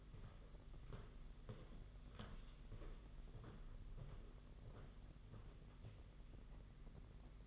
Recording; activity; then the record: daily activity, microphone in the room; walk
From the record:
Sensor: 4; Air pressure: 992.4 hPa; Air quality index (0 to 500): 127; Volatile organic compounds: 39 ppm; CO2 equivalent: 3136 ppm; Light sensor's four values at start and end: 20/72/26/27 and 20/72/26/28